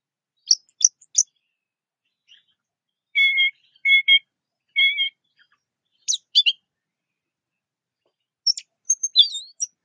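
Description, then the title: Orange-headed thrush song given in sparse bursts: scattered sharp chirps, then three similar repeated notes about a second apart, then more high chirps. "Anis Merah"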